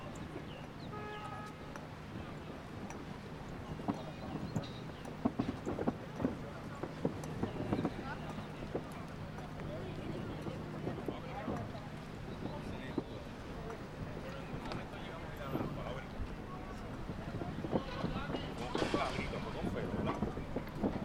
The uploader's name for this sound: Walking Around Willemstad Curacao